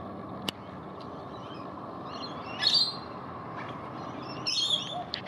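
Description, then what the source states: Australian king parrot calls: two short bursts of shrill, squeaky chirping about two seconds apart, with a steady low hum and a single click beforehand. Recorded on a terrace.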